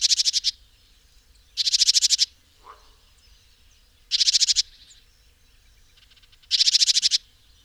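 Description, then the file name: Great tit call: harsh, buzzy, high churring bursts of about half a second, repeated roughly every two and a half seconds, four bursts in all. "Parus major"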